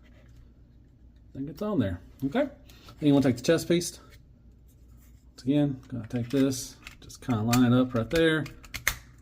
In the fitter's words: There we go. Snaps into place like that. There we go.